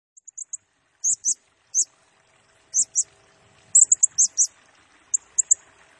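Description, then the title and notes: Blue-crowned hanging parrot giving sparse, very high chirps, singly and in pairs, with a tighter cluster of quick notes near four seconds. Lure recording for training birds; energetic 'gacor' singing in the 'nembak' style, said to provoke other birds; 'nasteran' and lure sounds. "Burung Serindit Nembak Gacor Bikin Emosi Semua Burung. Suara Nasteran Dan Pemikat Burung Serinditan Gacor"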